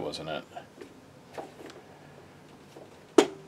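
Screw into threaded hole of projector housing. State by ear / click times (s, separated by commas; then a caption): seated / 3.2 s. A screw is turned backwards in the plastic housing of an InFocus IN119HDx projector until it drops into the existing thread. After someone talks, a faint click is heard at 3.2 seconds as the screw seats in the old thread, so no fresh threads are cut.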